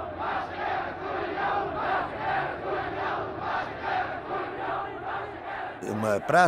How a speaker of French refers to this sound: La place était remplie de gens qui criaient « Liberté, démocratie ».